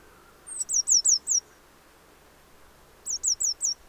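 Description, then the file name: Eurasian blue tit calling twice, the first phrase a long thin slide followed by four rapid high downslurred notes, the second four such notes after a pause. "Cyanistes caeruleus"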